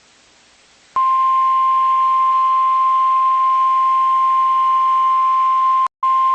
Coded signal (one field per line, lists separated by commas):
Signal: Emergency Alert System (SAME) tones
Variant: 1050 Hz attention tone